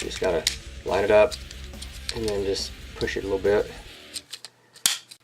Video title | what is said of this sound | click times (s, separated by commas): Paralax TFX 07 Armor Review March 5 2018 | just got to line it up and then just push it a little bit it snaps in place quite satisfyingly | 4.9 s